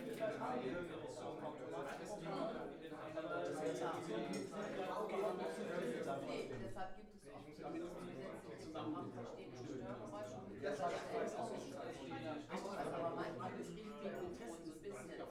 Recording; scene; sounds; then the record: everyday scene through a hearing-aid microphone; many people talking; many voices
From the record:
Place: bistro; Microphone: behind the ear, left, rear